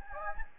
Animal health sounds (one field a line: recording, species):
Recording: mosquito wingbeat signal from an infrared sensor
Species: Anopheles gambiae